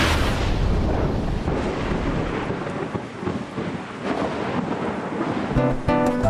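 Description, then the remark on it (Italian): A strong thunderstorm in Rio de Janeiro in 1913, at the birth of Vinicius de Moraes: a loud crack of thunder at the start rolls into a long, deep rumble over a steady hiss of heavy rain, with a few brief tonal notes rising at the very end. “Vinicius nasce nel 1913 a Rio de Janeiro, durante un forte temporale.”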